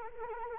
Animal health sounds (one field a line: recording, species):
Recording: mosquito wingbeat signal from an infrared sensor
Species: Anopheles arabiensis